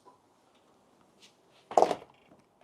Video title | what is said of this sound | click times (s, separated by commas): 문보수 비용 100만원에서 3만원으로 97만원 아끼는 방법 | 빡빡하게 다치는 소리가 들리시죠 | 1.8 s